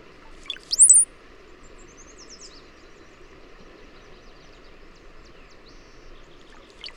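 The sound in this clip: Bird song: one brief burst of sharp, very high chirps near the start, then only faint scattered twitters over a low, constant background hum.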